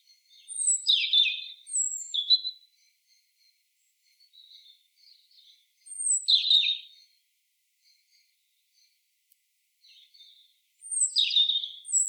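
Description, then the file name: European robin singing short bursts of high, tinkling, sharply falling notes, with softer thin whistles filling the gaps between louder phrases. "Erithacus rubecula"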